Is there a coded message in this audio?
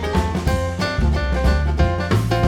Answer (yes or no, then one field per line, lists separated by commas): no